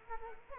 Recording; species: mosquito wingbeat signal from an infrared sensor; Culex quinquefasciatus